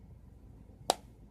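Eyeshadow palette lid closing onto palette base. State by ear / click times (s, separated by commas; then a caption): seated / 0.9 s. The mirrored lid of an eyeshadow palette is closed onto the palette base and snaps shut with one sharp click at 0.9 s, against a quiet low background. The lid seats with a clean, closed click.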